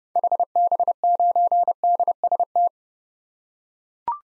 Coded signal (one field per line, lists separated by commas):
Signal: Morse code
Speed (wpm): 30 wpm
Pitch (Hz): 700 Hz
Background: none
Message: HB9DST